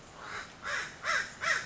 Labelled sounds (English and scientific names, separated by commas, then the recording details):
American Crow (Corvus brachyrhynchos)
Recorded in Sonoma County, California